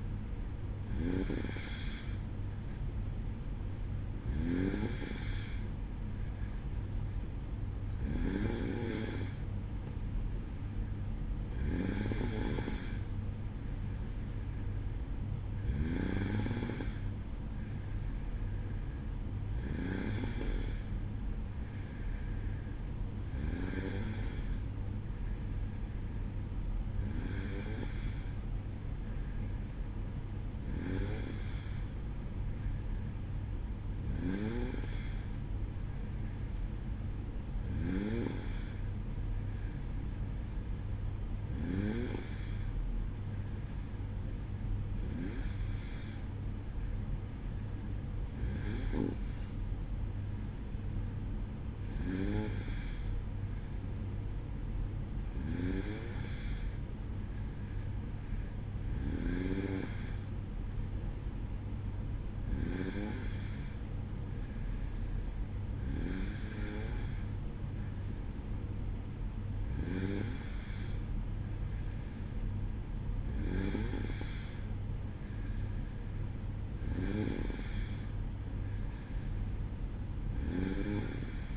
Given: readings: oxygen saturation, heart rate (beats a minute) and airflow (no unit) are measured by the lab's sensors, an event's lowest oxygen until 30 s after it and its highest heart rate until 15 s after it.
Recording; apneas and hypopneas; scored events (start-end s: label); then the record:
breathing in sleep by a smartphone at the bedside; none
none scored
From the record:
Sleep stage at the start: N2 (light sleep); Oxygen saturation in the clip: 93 to 94%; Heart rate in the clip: 53 to 58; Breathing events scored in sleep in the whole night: 305 in 9.6 hours asleep